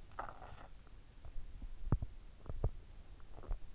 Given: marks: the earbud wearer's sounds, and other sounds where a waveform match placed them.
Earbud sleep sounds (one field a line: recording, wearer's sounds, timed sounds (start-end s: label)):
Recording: sounds in sleep by an in-ear microphone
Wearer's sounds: swallowing, teeth grinding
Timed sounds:
0.00-0.89 s: swallowing
1.55-3.67 s: teeth grinding